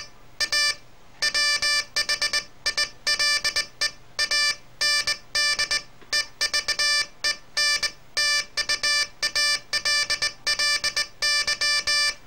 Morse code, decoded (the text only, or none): A WHILE AND EVENTUALLY